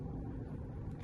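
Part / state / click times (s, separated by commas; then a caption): action figure arm onto shoulder ball-and-socket joint / not seated / none. A swapped arm is being pushed onto the plastic ball-and-socket shoulder joint of a JoyToy x Warhammer Primaris Librarian or Captain in Gravis Armor action figure. Only steady low rumbling handling noise is heard, with no distinct click. Nothing has seated or clicked yet.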